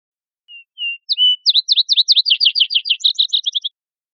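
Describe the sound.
Vesper sparrow song: two low, clear whistled notes, a higher note, then a run of quick buzzy downslurred notes ending in a rapid high trill; no other sounds.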